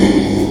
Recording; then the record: squeal of a Yucatan mini pig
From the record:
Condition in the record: after surgery on the right vocal fold (resection and tissue-engineered implant); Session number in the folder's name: 2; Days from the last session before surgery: 13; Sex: male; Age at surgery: 12 weeks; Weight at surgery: 13 kg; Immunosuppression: cyclosporine, prednisolone